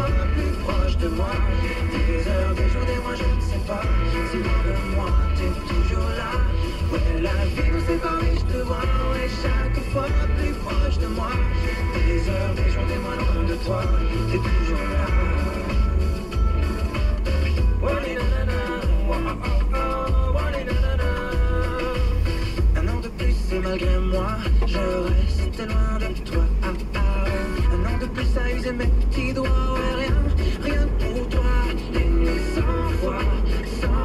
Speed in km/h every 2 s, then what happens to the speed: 19, 16, 14, 16, 18, 19, 18, 19, 18, 13, 16, 17, 17, 22, 27, 33, 36.
0-19 steady at about 18. 19-34 speeds up to 36.